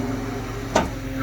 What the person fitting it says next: Yep, I heard it click.